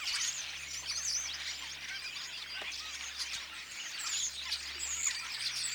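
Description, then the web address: Common starlings chattering together in a constant jumble of squeaky chirps, clicks and whistled slurs, with a low steady hum in the background. Apparently young starlings singing in chorus; recorded 22 August 2026. "paivat 22 8 2026 ilmeisesti tassa nuoret kottaraiset laulavat kuorossa"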